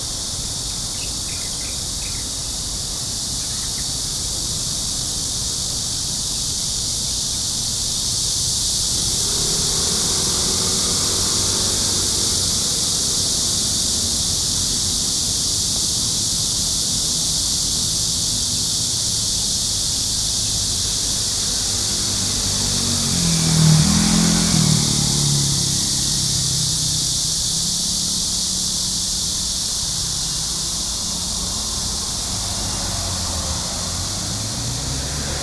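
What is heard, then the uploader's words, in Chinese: Insects drone from a small thicket in a steady, dense, high-pitched wash that never lets up. Beneath it, low city traffic rumbles and swells, with a vehicle passing around 24 seconds. A few faint bird chirps appear near the start. 雨後的"都市""叢林"_台北市辛亥路一段3之1前。位置就在大馬路的正中央,看似一片小叢林裡傳出了蟲鳴鳥叫。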